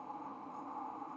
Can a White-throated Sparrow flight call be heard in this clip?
no